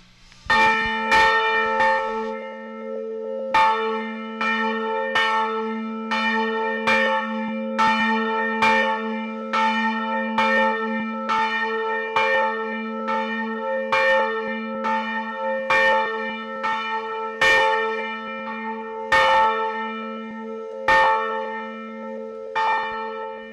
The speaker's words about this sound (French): Le son qu'on entend encore, même quand la cloche a fini de sonner, c'est justement tout ce qui fait le charme d'une cloche et sa résonance. Et cette note que l'on entend là, c'est ce qu'on appelle le oum, ou l'octave grave